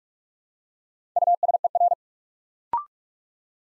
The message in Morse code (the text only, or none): USER